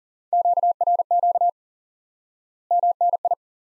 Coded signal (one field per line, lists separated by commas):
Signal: Morse code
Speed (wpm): 37 wpm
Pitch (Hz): 700 Hz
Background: none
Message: QRQ MNI